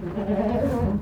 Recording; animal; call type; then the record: contact call of a hoofed animal; goat; low-frequency (closed-mouth) or high-frequency (open-mouth) call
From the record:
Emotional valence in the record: negative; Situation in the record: food frustration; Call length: 1.02 s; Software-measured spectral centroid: 1200 Hz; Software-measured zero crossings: 820 a second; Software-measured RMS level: -24 dBFS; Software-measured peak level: -12 dBFS